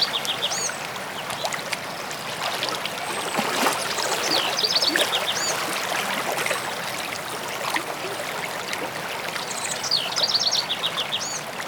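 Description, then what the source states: Birds singing a few short phrases of high trilled, looping notes over the steady roar of running water. Birds singing near a stream.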